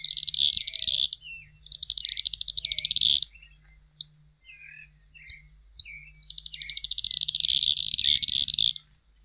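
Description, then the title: Fork-tailed flycatcher giving two bursts of rapid, high, buzzy chatter separated by a pause with scattered short twittering notes. Song described as varied chirps and twitters. "Museo de Ciencias de Bahía Blanca - PdA - Tijereta"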